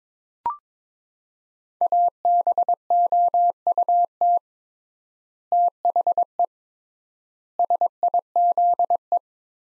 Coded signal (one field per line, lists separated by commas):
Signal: Morse code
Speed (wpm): 22 wpm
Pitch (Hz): 700 Hz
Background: none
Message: ABOUT THE SIZE